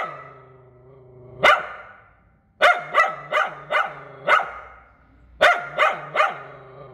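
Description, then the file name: Poodle yapping: a soft whiny tone, one sharp bark, then a quick run of five barks and a final burst of three. "Tieng cho poodle sua"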